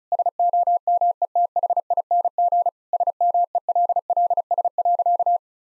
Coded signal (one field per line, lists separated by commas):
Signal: Morse code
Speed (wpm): 36 wpm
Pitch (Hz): 700 Hz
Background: none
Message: SOMETHING SMELLS.